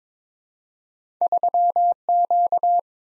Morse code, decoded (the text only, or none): 3Q